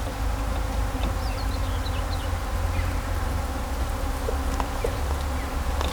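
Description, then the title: Bees giving a steady droning buzz, a short series of descending bird notes early on, then scattered faint chirps over constant low rumble. Bees buzzing among grapevines at Kallstadt, Germany, in rural countryside, with birds singing and road traffic noise also present. "In Kallstadt summen die Bienen"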